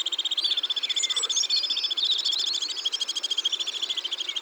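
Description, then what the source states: Alpine swift calls: a loud, fast, pulsing trill that goes on without a break, with higher chattering notes layered on top. Recorded in Ardèche.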